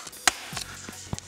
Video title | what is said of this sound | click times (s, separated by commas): Dell XPS 15 (9510) von Innen - RAM, SSD, Akku, Lüfter wechseln | Und ja, das Knacken, was man da hören kann, ist normal. | 0.3 s, 1.2 s